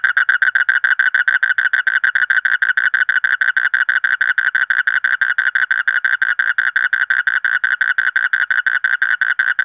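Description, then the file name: Asian common toad trilling continuously with quick, harsh, evenly spaced pulses from start to finish. "suara kodok bangkong kolong kodok buduk"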